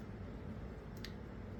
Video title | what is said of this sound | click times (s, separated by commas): GIANT Desktop FDM 3D Printer - Elegoo Neptune 4 Max - FULL UNBOXING/SETUP/TEST/REVIEW | there's the click and then I'm kind of just ever so slightly aligning the Gantry | 1.0 s